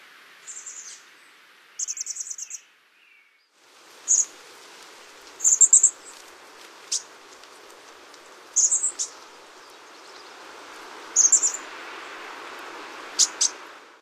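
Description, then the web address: Chestnut-backed chickadee giving short, high, buzzy bursts of rapid notes at irregular intervals, with a steady background hiss from about four seconds on. "Songs of Birds of North America Stokes. Chestnut-backed Chickadee"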